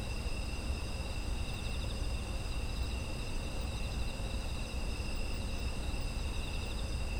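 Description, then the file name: Unbroken insect chorus, bright high trills at several pitches sustained throughout, with low background rumble. Autumn insect ambience. "秋の虫の環境音"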